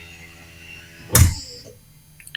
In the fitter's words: you hear that click that indicates to let you know that it's all the way down